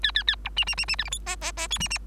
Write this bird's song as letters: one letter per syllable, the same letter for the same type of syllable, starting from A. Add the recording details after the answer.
A A A B C C C C D E F G G G H C C. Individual Bird3